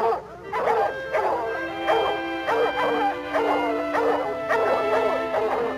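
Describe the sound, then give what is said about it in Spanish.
Several hunting dogs bark and yip at a raccoon while being held back, in a steady, overlapping stream of sharp, excited calls, with a sustained high tone running underneath and a faint voice mixed in. “Sujeten bien esos perros.”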